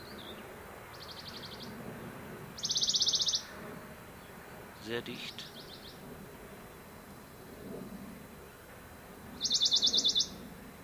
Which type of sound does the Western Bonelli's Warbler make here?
song